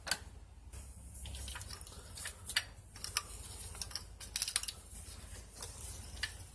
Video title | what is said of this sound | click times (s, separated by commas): How to replace valve cover gaskets on your Jeep Wrangler JK 3.8l | click then push that red tab there you go so | 4.4 s